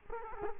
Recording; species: mosquito wingbeat signal from an infrared sensor; Culex quinquefasciatus